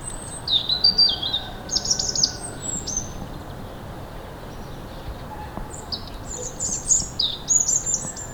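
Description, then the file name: European robin song: bright, high warbling phrases with fast twittering notes and slurred whistles, two separate bouts with a quiet gap between them, low hiss throughout. "Erithacus rubecula"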